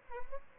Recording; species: mosquito wingbeat signal from an infrared sensor; Aedes albopictus